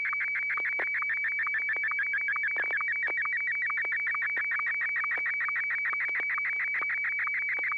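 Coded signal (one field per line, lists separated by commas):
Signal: SSTV (slow-scan television)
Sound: rapid warbling whistle tones with fast regular ticking sync pulses, steady throughout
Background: low hum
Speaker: N6yg. He's first up. Like I said, he didn't skip a beat. So, uh, I'm sure he's got something ready for us. So, if you are ready, George, go ahead and send.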